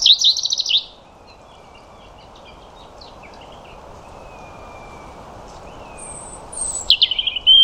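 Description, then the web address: European robin producing a short, high warbling phrase, then faint thin notes through a quiet stretch, and another sweet, high phrase at the end. "Deverinetal 2025 File origin Bird Only Er Ru"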